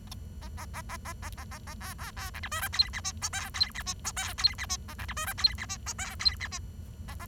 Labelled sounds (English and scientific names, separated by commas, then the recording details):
Bengalese Finch (Lonchura striata domestica) song
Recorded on 23 June 2012 at 08:15
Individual gr41rd51